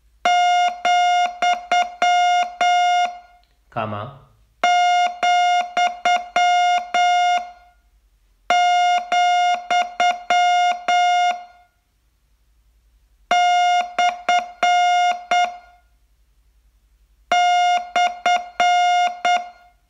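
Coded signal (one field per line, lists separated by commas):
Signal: Morse code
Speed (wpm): 8 wpm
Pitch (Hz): 710 Hz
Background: speech, music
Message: , , , / /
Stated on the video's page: Morse training lesson, day 42 of a 42-day course.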